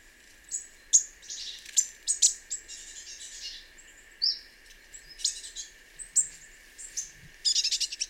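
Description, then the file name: Great tit calling with varied high chips and brief buzzy chatters, ending in a quick run of repeated notes. "Parus major"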